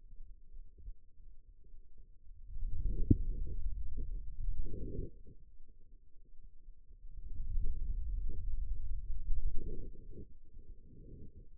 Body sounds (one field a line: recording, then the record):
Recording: forearm muscle sounds (acoustic myography)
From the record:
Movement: hand closing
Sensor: system 2, bracelet of six BSWA MPA416 microphones around the upper forearm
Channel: 3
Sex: male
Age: 22 years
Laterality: right